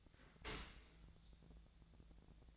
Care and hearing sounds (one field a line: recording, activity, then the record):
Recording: daily activity, microphone in the room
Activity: open dishwasher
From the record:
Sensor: 3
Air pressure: 1000.5 hPa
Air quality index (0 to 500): 174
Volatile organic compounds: 3 ppm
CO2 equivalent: 1504 ppm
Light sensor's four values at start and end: 13/35/13/15 and 13/35/13/15